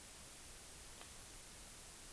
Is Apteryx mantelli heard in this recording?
no